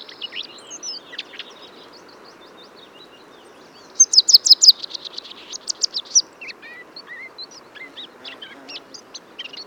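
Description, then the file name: Eurasian blackcap phrase: scattered high notes, then a burst of rapid, bright notes around four seconds in, followed by more scattered chirps. "Sylvia atricapilla"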